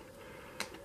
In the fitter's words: should hear it click okay